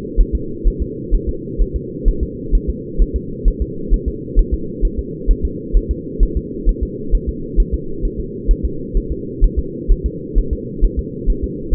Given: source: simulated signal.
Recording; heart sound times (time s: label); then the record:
fetal heart sounds
0.20 s: S1
0.35 s: S2
0.67 s: S1
0.82 s: S2
1.15 s: S1
1.29 s: S2
1.62 s: S1
1.76 s: S2
2.08 s: S1
2.23 s: S2
2.55 s: S1
2.70 s: S2
3.02 s: S1
3.16 s: S2
3.48 s: S1
3.62 s: S2
3.94 s: S1
4.08 s: S2
4.39 s: S1
4.54 s: S2
4.85 s: S1
4.99 s: S2
5.31 s: S1
5.45 s: S2
5.77 s: S1
5.91 s: S2
6.23 s: S1
6.37 s: S2
6.69 s: S1
6.83 s: S2
7.15 s: S1
7.29 s: S2
7.60 s: S1
7.74 s: S2
8.05 s: S1
8.20 s: S2
8.51 s: S1
8.65 s: S2
8.97 s: S1
9.12 s: S2
9.44 s: S1
9.59 s: S2
9.92 s: S1
10.06 s: S2
10.39 s: S1
10.53 s: S2
10.84 s: S1
10.99 s: S2
11.30 s: S1
11.44 s: S2
11.75 s: S1
From the record:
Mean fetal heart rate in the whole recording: 130 bpm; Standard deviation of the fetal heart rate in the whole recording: 4 bpm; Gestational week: 38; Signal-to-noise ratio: -4.3 dB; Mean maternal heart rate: 72 bpm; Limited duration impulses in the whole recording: absent